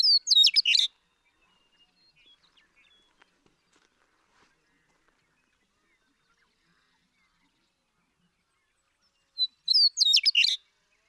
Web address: birdsongforthecurious Western Meadowlark